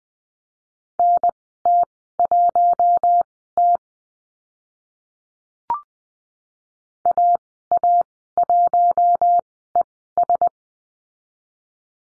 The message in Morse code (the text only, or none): NT1T AA1ES